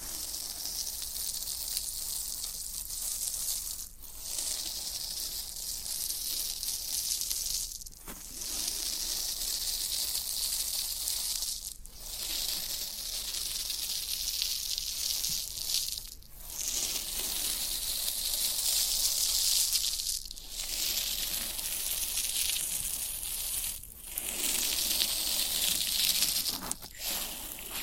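Floral foam being worked in long, steady strokes, each a bright, crumbly hiss that runs for about four seconds before a brief gap. The pattern repeats regularly across the clip, with finer crackling grit running through each pass and little low sound underneath.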